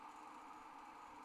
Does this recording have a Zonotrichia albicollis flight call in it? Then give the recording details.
no. No flight call is heard. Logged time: 07:39 on 30 November 2014